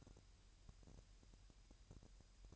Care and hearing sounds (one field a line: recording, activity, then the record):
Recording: daily activity, microphone in the room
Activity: take from stove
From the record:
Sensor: 2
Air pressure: 1001.8 hPa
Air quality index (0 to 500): 247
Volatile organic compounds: 36 ppm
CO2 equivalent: 3074 ppm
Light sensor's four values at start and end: 5/11/4/5 and 5/11/4/5